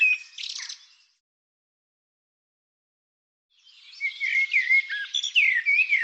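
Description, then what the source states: Bird gives a short buzzy burst, then after a silent gap launches into a rapid phrase of squeaky slurred whistles and chattering notes. Bird labelled "Tu Me".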